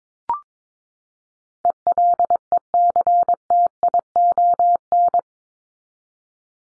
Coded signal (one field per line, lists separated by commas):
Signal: Morse code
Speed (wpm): 22 wpm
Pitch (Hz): 700 Hz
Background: none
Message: ELECTION